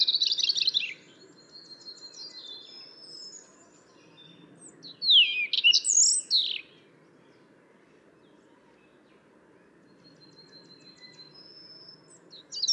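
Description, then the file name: European robin song: short high sweeping phrases separated by long quiet gaps, with a louder tumbling burst midway and thin high notes near the end. "Erithacus rubecula"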